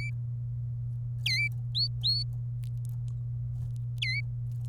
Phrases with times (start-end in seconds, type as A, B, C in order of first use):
1.75-2.23 A, 4.02-4.20 B